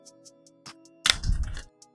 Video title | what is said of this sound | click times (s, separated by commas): Space Shuttle Deep Dive | Ooh, that was a satisfying click. | 1.1 s